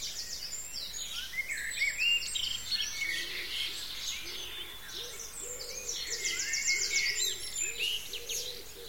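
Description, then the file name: Birds singing in a dense chorus of high chirps, whistles and trills, with soft lower repeated hooting notes underneath for much of it. "zvuki peniia ptits"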